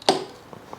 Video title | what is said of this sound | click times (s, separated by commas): Unboxing HIGH TECH ESCOOTER - King-Song N11 Cheetah | satisfying click | 0.1 s